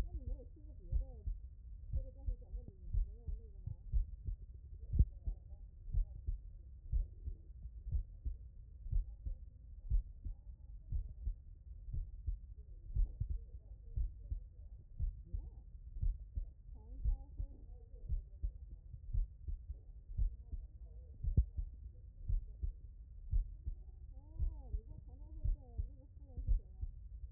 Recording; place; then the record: heart sounds by stethoscope; tricuspid valve (TV)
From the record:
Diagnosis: non-HFrEF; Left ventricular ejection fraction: 63%